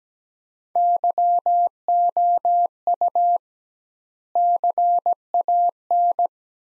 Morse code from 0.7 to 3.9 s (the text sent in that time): YOU